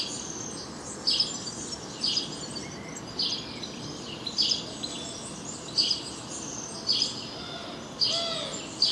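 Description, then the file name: House sparrow giving single harsh chirps about once a second, a faint lower slurred whistle near the end, against a hissy background. "Passer domesticus"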